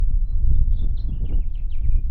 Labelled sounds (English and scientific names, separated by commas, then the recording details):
House Finch (Haemorhous mexicanus) song
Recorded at Point Lookout on Long Island, New York, on 2 June 1975
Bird D